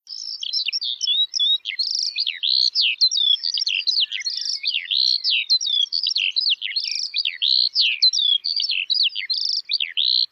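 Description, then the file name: Eurasian skylark singing a long, unbroken stream of rapid chirps, trills and slurred high notes that tumble without pause. "allodola"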